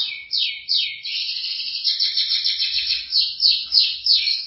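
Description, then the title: Canary singing steadily, a bright rolling warble of quick repeated high syllables with slurred up-and-down sweeps and short bursts of trilling. "Kenari"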